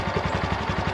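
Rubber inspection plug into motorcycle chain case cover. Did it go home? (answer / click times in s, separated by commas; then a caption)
no / none. A rubber inspection plug is pushed back into the chain case cover of a Honda Super Cub C125 motorcycle after the chain has been lubed, and the plug is being stubborn. A steady, evenly pulsing low rumble continues throughout at a fairly constant level, with no sharp hit. Nothing has seated or clicked yet.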